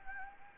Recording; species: mosquito wingbeat signal from an infrared sensor; Anopheles gambiae